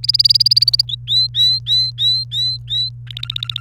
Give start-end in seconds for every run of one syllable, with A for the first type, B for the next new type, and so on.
0.03-0.81 A, 0.88-2.89 B, 3.07-3.60 C